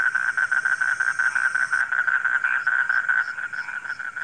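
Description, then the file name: Frogs giving rapid rhythmic croaks in a continuous chorus, pulses overlapping, with a faint high hiss fading partway through. Frogs calling at night. "suara kodok di malam hari"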